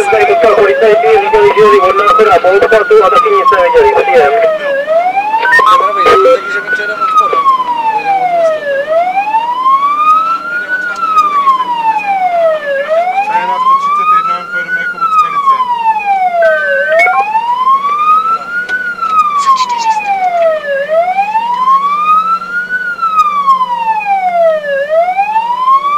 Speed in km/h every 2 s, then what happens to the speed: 81, 74, 65, 62, 63, 63, 57, 49, 46, 48, 50, 45, 37.
0-5 brakes to 62. 5-10 steady at about 63. 10-16 slows to 46. 16-21 steady at about 48. 21-26 slows to 37.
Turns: none.